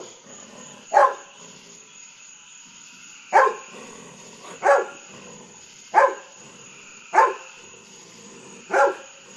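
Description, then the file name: Golden retriever giving six single barks spaced roughly one to two and a half seconds apart, each short and sharp, with a low steady hiss between them. Pet dog barking at fireworks at night. "Golden Retriever Bud"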